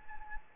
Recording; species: mosquito wingbeat signal from an infrared sensor; Anopheles gambiae